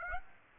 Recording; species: mosquito wingbeat signal from an infrared sensor; Aedes aegypti